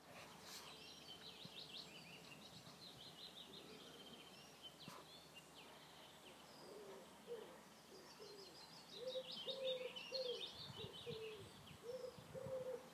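Bird calls: high chirping twitters that come and go, with a lower series of short repeated hooting notes in the latter half.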